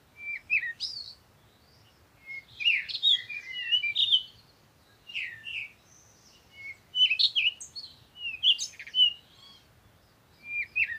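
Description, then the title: Birds singing, busy chirps and warbles in bursts with short pauses, over a low background hum. Morning birds recorded in nature while on vacation, used for a meditation. "Morning Birds Meditation - Spiritually Fit with Amelia Andaleon"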